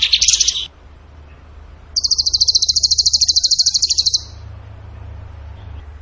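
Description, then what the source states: Bird song: a brief harsh buzzy burst followed by a steady, very high, rapidly pulsing trill of about two seconds. Songbird training audio (masteran) in the tembakan gacor song style.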